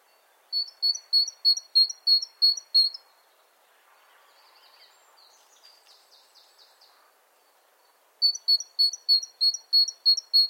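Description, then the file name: Great tit song: bright two-note phrases repeated about three times a second in two bouts, with faint twittering from other birds in the gap. "Parus major"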